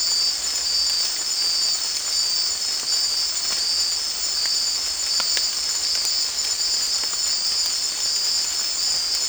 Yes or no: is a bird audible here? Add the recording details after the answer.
no. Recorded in dense forest near Puerto Asís, Putumayo, Colombia, on 24 March 2025 at 18:30. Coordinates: 0.499, -76.324. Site GP03